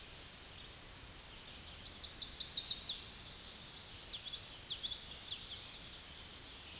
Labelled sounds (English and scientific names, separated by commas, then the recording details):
Common Yellowthroat (Geothlypis trichas) song
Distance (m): 25 m
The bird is about 5 m above the microphone
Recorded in a Pennsylvania forest on 16 May 2024 at 09:37
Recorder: AudioMoth, point MSD-2429
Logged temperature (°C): 16.7 °C
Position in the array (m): 90 m, 93 m